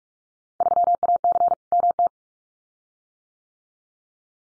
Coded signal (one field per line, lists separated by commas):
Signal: Morse code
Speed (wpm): 44 wpm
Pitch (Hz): 700 Hz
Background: none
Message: 3AC MT